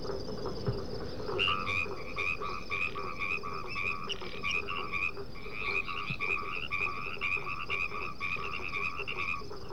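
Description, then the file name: White-edged treefrog calling in a long series of short, clipped notes repeated several times a second, over a steady high insect hum and low background rumble. Recorded at Picinguaba, São Paulo, Brazil. "Hypsiboas albomarginatus-Picinguaba-SP-9-92-ASilveira"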